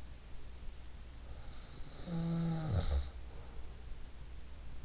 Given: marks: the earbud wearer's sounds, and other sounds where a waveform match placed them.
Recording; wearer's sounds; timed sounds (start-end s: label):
sounds in sleep by an in-ear microphone; snoring breath
1.83-3.63 s: snoring breath